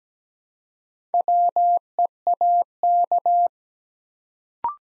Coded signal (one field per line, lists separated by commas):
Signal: Morse code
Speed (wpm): 17 wpm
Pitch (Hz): 700 Hz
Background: none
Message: WEAK